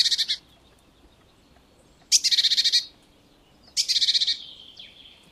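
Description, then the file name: Great tit rattling churr calls: three rapid pulsed bursts, the second and third longer, the last trailing into a thinner note. "Parus major"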